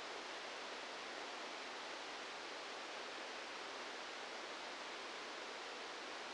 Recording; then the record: brain microelectrode recording played as sound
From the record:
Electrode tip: outside the subthalamic nucleus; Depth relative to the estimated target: -8 mm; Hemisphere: right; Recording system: NeuroSet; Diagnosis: Parkinson's disease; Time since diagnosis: 15 years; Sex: female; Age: 59 years